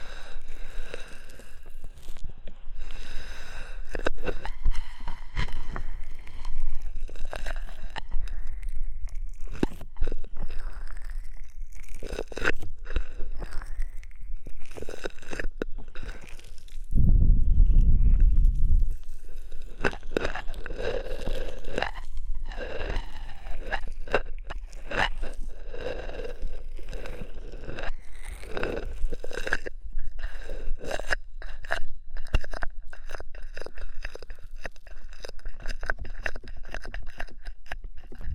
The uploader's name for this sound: ASMR Oil, Foam and Tingly Ear Massage